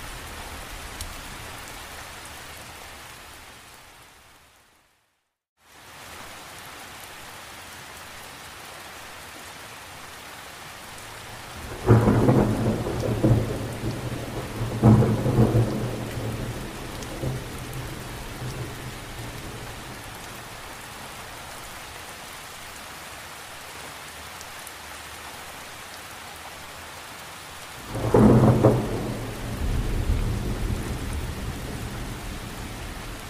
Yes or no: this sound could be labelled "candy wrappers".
no